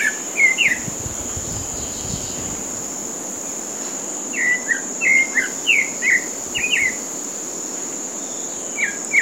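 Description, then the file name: Pale-breasted thrush giving brief whistled notes, then a longer burst of varied slurred phrases after a pause, set against continuous high insect buzzing. Recorded at a golf course in Comandatuba, Bahia, Brazil, on 30 January 2013. "Turdus-leucomelas-golfe-IComandatuba BA-BR-30-1-13-ASilveira"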